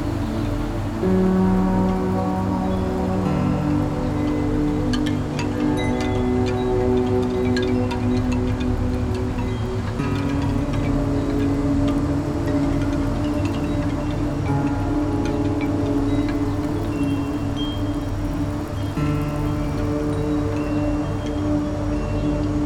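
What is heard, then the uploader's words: Wind chimes ring on and off in the wind over a steady, dense rushing wash, with long sustained tones layering in the low-middle range. Brighter metallic ticks and taps scatter through, thickest around five to nine seconds and near fifteen. Windy Windchimes in the City.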